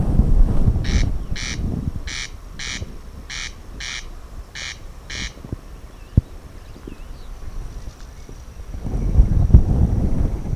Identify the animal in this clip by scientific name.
Crex crex